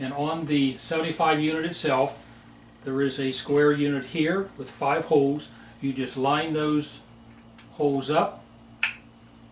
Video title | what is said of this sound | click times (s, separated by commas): WARP 75 - Setup & Basic Instructions.mpg | push it until it clicks and it's in | 8.8 s